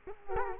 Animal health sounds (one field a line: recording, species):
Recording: mosquito wingbeat signal from an infrared sensor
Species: Culex quinquefasciatus